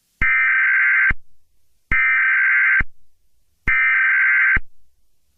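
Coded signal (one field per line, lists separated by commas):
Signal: Emergency Alert System (SAME) tones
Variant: header bursts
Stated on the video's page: Fictional scenario about a computer virus, not a real broadcast.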